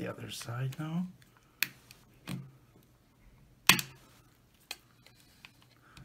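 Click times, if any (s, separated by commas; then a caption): 1.6 s, 3.7 s. Someone talks briefly while working along the other side of a plastic TV remote control case whose buttons are sticking. The snap-fit clips holding the case halves together release with loud, sharp snaps at 1.6 s and 3.7 s, with softer clicks in between and after. The case halves are coming apart.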